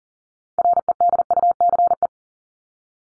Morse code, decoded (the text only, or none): REDUCE